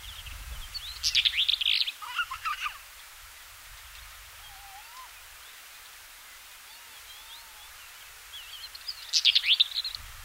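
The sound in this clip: Black-eared wheatear giving scratchy warbled phrases at the start and end, separated by quiet, with faint thin whistles and low rumble in the background.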